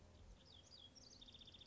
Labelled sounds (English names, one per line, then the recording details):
House Wren
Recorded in Sonoma County, California